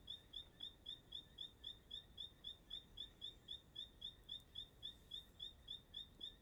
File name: Entardecer no Parque da Chapada dos Veadeiros com passaro cantando como um grilo